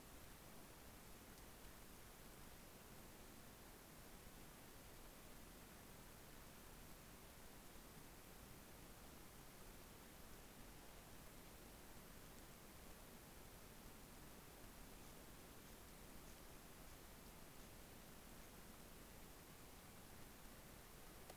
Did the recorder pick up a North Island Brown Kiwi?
no